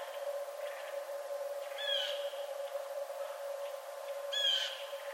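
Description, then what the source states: Red fox giving two short, harmonic, slightly falling yelping barks about two and a half seconds apart, over a steady low hum. Recorded 11 November 2011.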